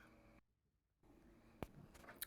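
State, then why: Seated. On an HP DeskJet 2820e printer, a black ink cartridge already resting in the right-hand slot of the carriage is pushed forward with the thumb while the other hand steadies the printer. Over a low background hum, two sharp plastic clicks ring out at 1.6 s and 2.2 s as the cartridge snaps home and is seated.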